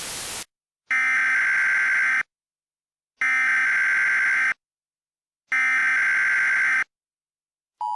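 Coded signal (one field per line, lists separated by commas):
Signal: Emergency Alert System (SAME) tones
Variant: header bursts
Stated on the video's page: Mock alert made for entertainment.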